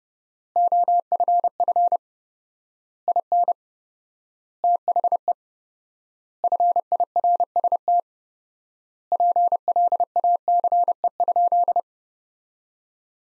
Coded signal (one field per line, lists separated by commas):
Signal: Morse code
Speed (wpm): 32 wpm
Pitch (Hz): 700 Hz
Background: none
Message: OFF IN THE FIRST PLACE?